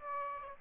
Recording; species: mosquito wingbeat signal from an infrared sensor; Aedes aegypti